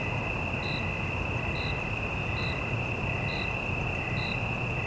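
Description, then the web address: Cricket chirps, short high pulses repeated roughly once a second over a steady shrill insect drone and a low rumble of traffic. Single cricket in a city night evening ambience, with cicadas and distant traffic; stereo. "Surround in The Night 5 1-Stereo City Night Evening Ambience, Single Cricket, Cicadas, Distant Traffic"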